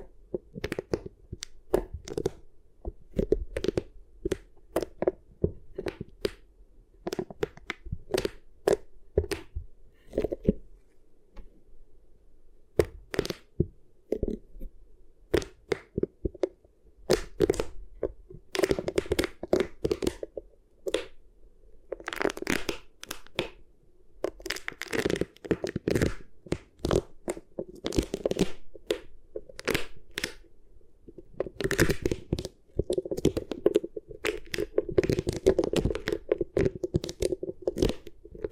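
Beeswax is pressed and worked over the ears in a dense stream of sticky crackles, pops and soft crunching, with a low steady hum underneath. A brief lull comes around 12 seconds, and the crackling grows busier and louder from about 22 seconds to the end.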